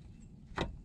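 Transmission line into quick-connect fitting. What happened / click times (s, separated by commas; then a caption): The line snapped into its quick-connect fitting / 0.6 s. A transmission line end on a GMC W4500 / NPR or Chevy truck is pushed up into its quick-connect fitting and snaps home at 0.6 s, one short, sharp click over a low, steady rumble. The line is seated.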